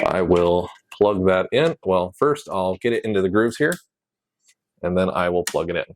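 Someone talks while lining up a printer cable plug in the grooves of its latching socket on the machine, which has two retaining teeth. The plug is handled but not pushed home, so nothing has seated or clicked yet.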